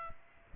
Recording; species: mosquito wingbeat signal from an infrared sensor; Aedes aegypti